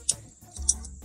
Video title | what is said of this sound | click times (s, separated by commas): first-class 13 Antitheft Locking Devices That Are Amazing | you hear it locked | 0.1 s, 0.7 s